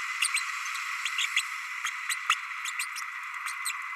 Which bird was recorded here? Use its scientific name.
Forpus passerinus